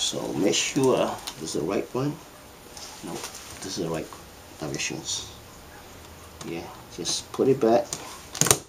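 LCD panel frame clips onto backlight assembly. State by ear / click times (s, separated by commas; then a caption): seated / 8.4 s, 8.5 s. An LED backlight assembly for an LTM150XO-L01 LCD panel is put back into the panel's metal frame, and its side clips are pressed home. Someone talks, then sharp clicks are heard at 8.4 and 8.5 seconds as the frame clips snap into place. This shows the clips are seated.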